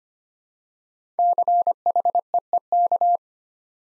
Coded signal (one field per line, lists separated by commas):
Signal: Morse code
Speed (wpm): 25 wpm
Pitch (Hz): 700 Hz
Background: none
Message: CHEEK